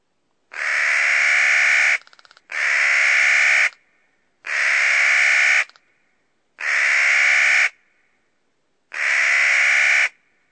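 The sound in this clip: Clark's nutcracker giving five harsh, grating, drawn-out kraaa calls, each over a second long, repeated about every two seconds; a brief rattling buzz between the first two.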